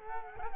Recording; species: mosquito wingbeat signal from an infrared sensor; Culex quinquefasciatus